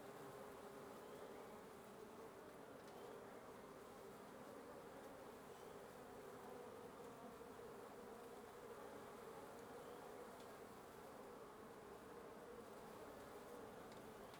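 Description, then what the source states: Wasps droning continuously at their nest, an even mass of buzzing that barely changes over fourteen seconds. Wasp nest under the roof of a residence in Antigua Guatemala, Guatemala, recorded in the morning; headphone listening recommended.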